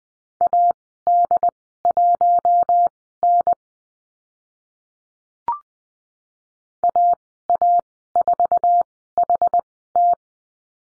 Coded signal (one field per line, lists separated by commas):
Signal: Morse code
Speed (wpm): 20 wpm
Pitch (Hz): 700 Hz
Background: none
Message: AD1N AA4HT